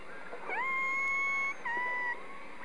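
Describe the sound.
Whale calls: two long tonal calls with clear harmonics, the first sweeping upward then holding steady for about a second, the second shorter and level, over faint steady hiss.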